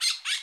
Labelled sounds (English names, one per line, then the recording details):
Brown-throated Parakeet contact call
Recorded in Bonaire
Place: just S of turnoff to Cai, near Lac Bay
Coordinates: 12.126, -68.239